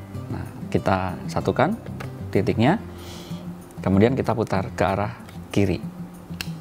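An interchangeable lens is aligned dot-to-dot with the camera body and twisted to the left into the bayonet mount while someone talks over background music. At 6.4 s a short, sharp click is heard as the lens locks, seating it in the mount and leaving the camera ready to use.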